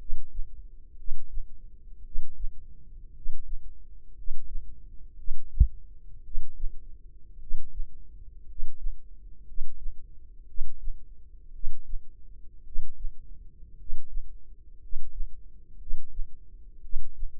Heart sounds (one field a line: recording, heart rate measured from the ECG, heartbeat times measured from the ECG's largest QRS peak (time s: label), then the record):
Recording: heart sounds by microphone in the left ear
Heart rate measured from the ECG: 57 bpm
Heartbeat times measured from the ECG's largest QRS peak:
0.95 s: heartbeat
2.02 s: heartbeat
3.11 s: heartbeat
4.13 s: heartbeat
5.14 s: heartbeat
6.21 s: heartbeat
7.37 s: heartbeat
8.44 s: heartbeat
9.44 s: heartbeat
10.45 s: heartbeat
11.50 s: heartbeat
12.62 s: heartbeat
13.75 s: heartbeat
14.78 s: heartbeat
15.76 s: heartbeat
16.80 s: heartbeat
From the record:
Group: healthy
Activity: rest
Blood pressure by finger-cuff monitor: 101/52 mmHg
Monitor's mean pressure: 64 mmHg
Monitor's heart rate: 58 bpm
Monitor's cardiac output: 5 L/min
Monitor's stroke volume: 87 mL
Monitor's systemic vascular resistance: 920 dyn s/cm5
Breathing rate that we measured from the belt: 11 breaths a minute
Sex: male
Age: 25 years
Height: 170 cm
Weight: 70.4 kg